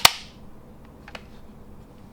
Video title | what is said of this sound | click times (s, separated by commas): DX Knight Invoker and Breakam Buster Review - Kamen Rider Zeztz | but you simply line it up and then click into place | 0.1 s